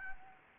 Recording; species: mosquito wingbeat signal from an infrared sensor; Anopheles gambiae